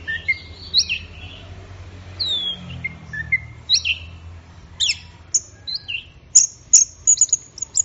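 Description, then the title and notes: Orange-headed thrush song: descending slurred whistles and warbles, then quick high sharp notes repeated in rapid succession. Gacor (in full song) birds, recording used for training songbirds. "Anis Merah Gacor Teler. Kumpulan Suara Burung Anis"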